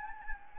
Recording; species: mosquito wingbeat signal from an infrared sensor; Anopheles gambiae